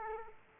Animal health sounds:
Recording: mosquito wingbeat signal from an infrared sensor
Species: Aedes aegypti

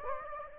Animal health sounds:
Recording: mosquito wingbeat signal from an infrared sensor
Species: Anopheles gambiae

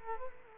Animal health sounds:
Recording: mosquito wingbeat signal from an infrared sensor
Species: Culex quinquefasciatus

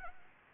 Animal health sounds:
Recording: mosquito wingbeat signal from an infrared sensor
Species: Anopheles arabiensis

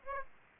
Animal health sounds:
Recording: mosquito wingbeat signal from an infrared sensor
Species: Aedes aegypti

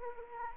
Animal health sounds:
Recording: mosquito wingbeat signal from an infrared sensor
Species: Anopheles arabiensis

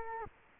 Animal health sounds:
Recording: mosquito wingbeat signal from an infrared sensor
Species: Culex quinquefasciatus

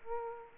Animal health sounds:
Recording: mosquito wingbeat signal from an infrared sensor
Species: Aedes aegypti

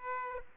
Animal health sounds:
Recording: mosquito wingbeat signal from an infrared sensor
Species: Aedes aegypti

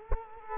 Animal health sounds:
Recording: mosquito wingbeat signal from an infrared sensor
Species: Culex quinquefasciatus

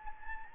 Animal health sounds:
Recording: mosquito wingbeat signal from an infrared sensor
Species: Anopheles gambiae

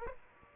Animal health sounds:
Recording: mosquito wingbeat signal from an infrared sensor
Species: Aedes aegypti

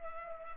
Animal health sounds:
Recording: mosquito wingbeat signal from an infrared sensor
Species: Culex pipiens

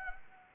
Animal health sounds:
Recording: mosquito wingbeat signal from an infrared sensor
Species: Anopheles arabiensis

